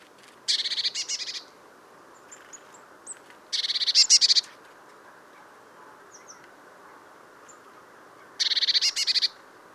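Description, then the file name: Eurasian blue tit utters three bursts of fast, high buzzy notes with long gaps between them, plus a few faint high chips. "Cyanistes caeruleus"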